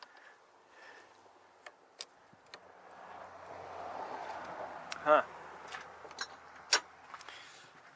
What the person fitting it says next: She's not seated. Okay.